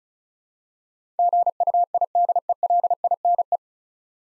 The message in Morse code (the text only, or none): GUIDELINE